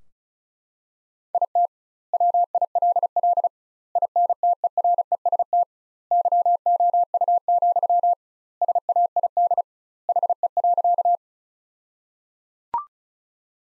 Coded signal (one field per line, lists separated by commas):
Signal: Morse code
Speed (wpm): 36 wpm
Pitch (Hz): 700 Hz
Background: none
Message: IT WILL INTEREST YOU, SAID HE.